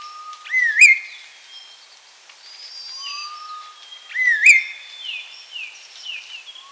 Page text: Chestnut-Crowned Laughingthrush Call. Quick Sounds